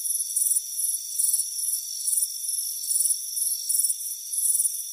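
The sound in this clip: Cricket chirping in quick high pulsed bursts over a steady thin ringing tone.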